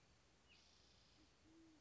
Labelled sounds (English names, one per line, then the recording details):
Band-tailed Pigeon
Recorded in Sonoma County, California